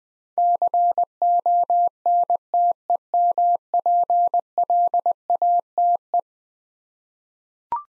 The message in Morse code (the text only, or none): CONTEMPLATE